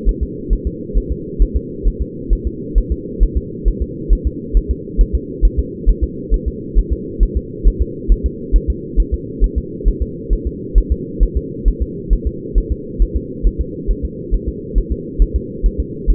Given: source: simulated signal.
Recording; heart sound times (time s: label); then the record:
fetal heart sounds
0.09 s: S1
0.23 s: S2
0.53 s: S1
0.67 s: S2
0.97 s: S1
1.12 s: S2
1.42 s: S1
1.56 s: S2
1.88 s: S1
2.02 s: S2
2.33 s: S1
2.47 s: S2
2.78 s: S1
2.92 s: S2
3.23 s: S1
3.37 s: S2
3.68 s: S1
3.82 s: S2
4.13 s: S1
4.27 s: S2
4.57 s: S1
4.71 s: S2
5.01 s: S1
5.15 s: S2
5.45 s: S1
5.59 s: S2
5.90 s: S1
6.03 s: S2
6.34 s: S1
6.48 s: S2
6.78 s: S1
6.93 s: S2
7.23 s: S1
7.37 s: S2
7.68 s: S1
7.82 s: S2
8.12 s: S1
8.26 s: S2
8.56 s: S1
8.70 s: S2
9.00 s: S1
9.14 s: S2
9.44 s: S1
9.58 s: S2
9.88 s: S1
10.02 s: S2
10.33 s: S1
10.47 s: S2
10.78 s: S1
10.92 s: S2
11.23 s: S1
11.37 s: S2
11.68 s: S1
11.82 s: S2
12.13 s: S1
12.27 s: S2
12.58 s: S1
12.72 s: S2
13.02 s: S1
13.16 s: S2
13.47 s: S1
13.61 s: S2
13.91 s: S1
14.05 s: S2
14.34 s: S1
14.49 s: S2
14.78 s: S1
14.92 s: S2
15.22 s: S1
15.36 s: S2
15.66 s: S1
15.80 s: S2
16.10 s: S1
From the record:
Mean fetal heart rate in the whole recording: 135 bpm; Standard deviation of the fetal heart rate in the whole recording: 3 bpm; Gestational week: 36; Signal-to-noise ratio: -4.1 dB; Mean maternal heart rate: no maternal heart sound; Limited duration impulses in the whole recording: absent